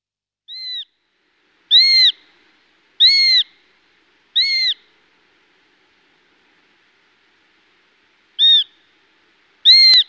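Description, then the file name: Eurasian sparrowhawk calls: six clear, slightly arched whining notes, four close together, a long pause, then two more, in an otherwise quiet background. "sperwer"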